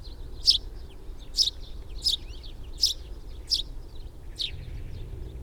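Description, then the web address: Sparrow calls, six sharp chirps spaced just under a second apart, over a low background rumble. "fugl s-spurv"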